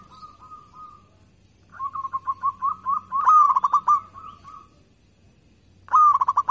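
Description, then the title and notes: Zebra dove song: a long run of quick pulsing coos swelling and fading, then another sharp stuttered burst at the end, with a low hum beneath. Local (lokal) type, singing. "Kicau Perkutut Lokal. Kicau Burung Perkutut"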